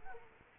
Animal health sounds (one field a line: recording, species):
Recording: mosquito wingbeat signal from an infrared sensor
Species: Culex quinquefasciatus